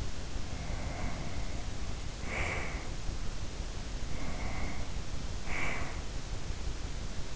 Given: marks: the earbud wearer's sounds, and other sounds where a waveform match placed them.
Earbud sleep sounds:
sounds in sleep by an in-ear microphone; breath
0.30-2.90 s: breath
4.04-5.96 s: breath

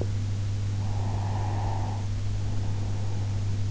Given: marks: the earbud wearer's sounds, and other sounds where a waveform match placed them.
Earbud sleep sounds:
sounds in sleep by an in-ear microphone; breath
0.82-3.62 s: breath

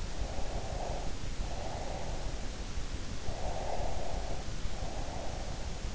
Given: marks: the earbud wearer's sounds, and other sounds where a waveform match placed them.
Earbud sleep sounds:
sounds in sleep by an in-ear microphone; breath
0.16-2.52 s: breath
3.23-5.78 s: breath

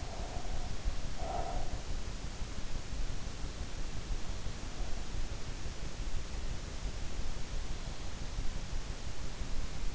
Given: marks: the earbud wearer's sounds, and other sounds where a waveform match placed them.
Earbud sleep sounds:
sounds in sleep by an in-ear microphone; breath
0.00-1.98 s: breath

